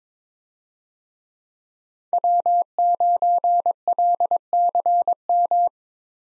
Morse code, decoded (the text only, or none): W9LCM